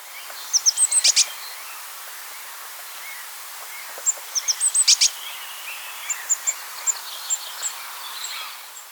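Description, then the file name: Eurasian blue tit giving short, very high thin notes in quick clusters, with sharp clicks mixed in and scattered high chips, over a steady background hiss. "Cyanistes caeruleus"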